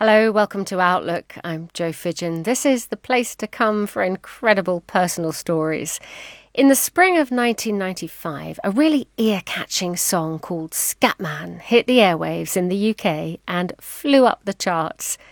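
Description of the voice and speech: Clear, fluent adult female speech at an even pace, a radio host introducing a programme; normal voice.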